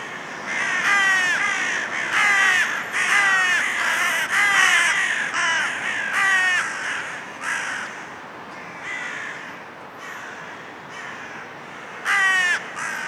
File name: Corvus corone